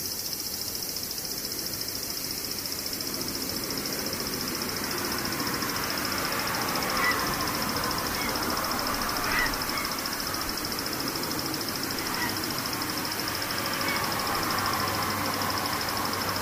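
Cicadas buzz without pause in a high, shrill band that holds steady throughout, with a fine rapid pulsing. Underneath runs a constant low rumble like passing traffic, and a few brief chirps surface around seven and nine seconds.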